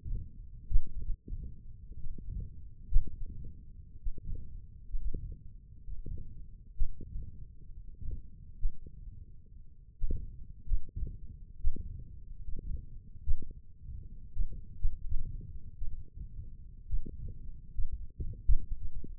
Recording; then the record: forearm muscle sounds (acoustic myography)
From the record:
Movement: hand opening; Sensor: system 1, eight BSWA MPA416 microphones around the upper forearm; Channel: 4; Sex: male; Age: 21 years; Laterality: right